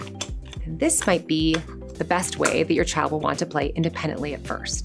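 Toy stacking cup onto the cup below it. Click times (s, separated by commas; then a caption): 0.2 s. A toddler's stacking cup is pressed onto the cup below it in a stack and clicks into place at 0.2 s, a sharp hit among a few fainter handling taps. Someone then talks over soft background music.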